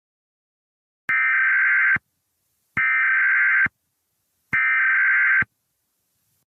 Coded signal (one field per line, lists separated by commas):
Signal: Emergency Alert System (SAME) tones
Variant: header bursts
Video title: EAS Scenario #32 Cloverfield (400 SUB SPECIAL)